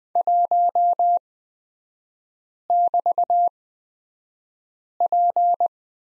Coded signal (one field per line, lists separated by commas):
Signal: Morse code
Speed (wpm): 20 wpm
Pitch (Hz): 700 Hz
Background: none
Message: 1<BT>P